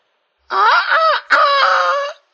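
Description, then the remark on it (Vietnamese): A rooster crows once at dawn, a loud, strained, harmonic call that breaks briefly before a long, wavering second part, then cuts off. No voices or other sounds accompany it. “Tiếng gà gáy sáng truyền vào tai Mặt Cầu.”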